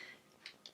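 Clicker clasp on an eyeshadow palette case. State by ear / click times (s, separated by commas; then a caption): released / 0.5 s, 0.7 s. The small clutch-style clicker clasp on a plastic Clinique All About eyeshadow palette case is clicked open by hand. Two short, sharp clicks are heard at 0.5 s and 0.7 s, with faint high hiss before them. The clasp releases and the case comes open.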